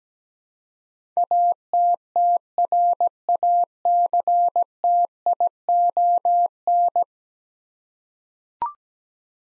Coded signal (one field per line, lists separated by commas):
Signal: Morse code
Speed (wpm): 17 wpm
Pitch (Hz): 700 Hz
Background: none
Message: ATTRACTION